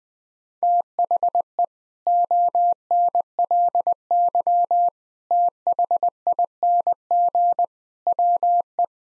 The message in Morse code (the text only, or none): THE ONLY THING WE